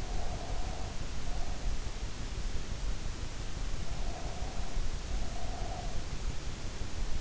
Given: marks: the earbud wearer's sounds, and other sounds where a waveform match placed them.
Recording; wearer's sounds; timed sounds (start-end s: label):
sounds in sleep by an in-ear microphone; breath
0.00-1.91 s: breath
3.96-6.11 s: breath